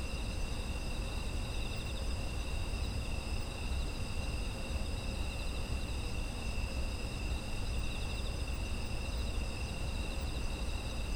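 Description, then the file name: Insects produce unbroken high trills at a few pitches, one with a wavering pulse, above continuous low background noise. Autumn insect ambient sound. "秋の虫の環境音"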